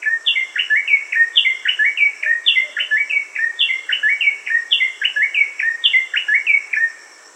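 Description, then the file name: Rufous-tailed tailorbird giving a steady run of bright, clipped chirps, rising and falling notes in short rapid groups repeated over seven seconds, with a faint hiss behind. "suara cinenen merah"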